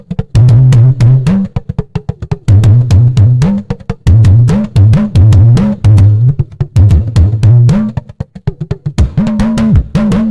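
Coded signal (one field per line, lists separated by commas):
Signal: talking drum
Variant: Yoruba dùndún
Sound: low drum strokes gliding up in pitch, phrased repeatedly over a steady drum beat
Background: drum kit rhythm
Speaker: it means the son that we gave back to you or the daughter we give back to is a good child it's someone that will become a great personality later in the future it means I'm rejoicing with the newborn baby so let's try to play it on the 68 bat on slow 44 bit and fast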